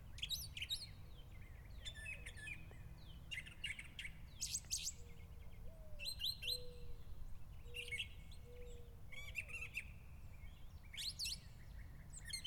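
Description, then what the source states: Mockingbird singing several varied phrases of sharp, repeated notes, while soft low whistles sound below and a constant low rumble continues. Recorded in the evening.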